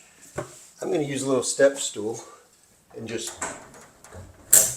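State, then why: Seated. Standing on a step stool, someone pushes a garage door's emergency release mechanism forward so its metal trolley latch re-engages with the opener carriage. Someone talks through most of the clip, then a loud, sharp metallic snap sounds at 4.5 s as the latch seats back onto the carriage.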